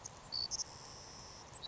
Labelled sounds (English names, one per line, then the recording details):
Savannah Sparrow
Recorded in Sonoma County, California